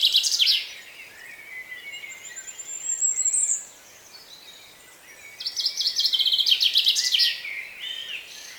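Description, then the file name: Common chaffinch song: a short burst of high notes, a thin high whistled series, then a fast trill ending in a brief flourish. "Fringilla coelebs"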